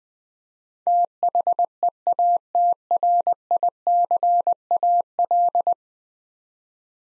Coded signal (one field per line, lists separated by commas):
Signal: Morse code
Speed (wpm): 20 wpm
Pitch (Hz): 700 Hz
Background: none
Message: THEATRICAL